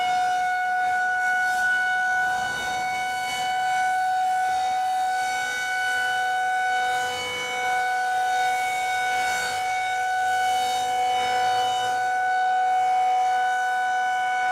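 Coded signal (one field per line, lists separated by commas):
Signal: siren signal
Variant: Federal Signal 2001-130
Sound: a continuous steady siren wail at one pitch, slowly swelling and fading as it rotates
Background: outdoor ambience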